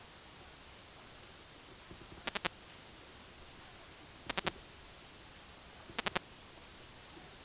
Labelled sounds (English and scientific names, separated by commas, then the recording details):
none
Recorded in dense forest near Puerto Asís, Putumayo, Colombia, on 19 February 2024 at 12:30
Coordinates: 0.505, -76.324
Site G6467